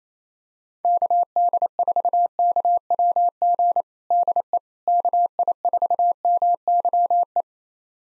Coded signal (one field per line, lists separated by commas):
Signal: Morse code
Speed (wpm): 28 wpm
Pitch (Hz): 700 Hz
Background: none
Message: KD4KWG DE KI4MYE